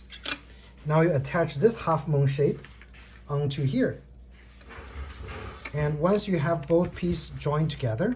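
The hard plastic hair-catcher end of a plastic Drain Weasel drain-cleaning wand is clicked outward with a sharp click at 0.3 s, releasing it to expose a half-moon-shaped fitting before the two pieces are joined. Someone then talks.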